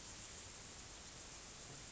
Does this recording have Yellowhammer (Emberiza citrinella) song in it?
no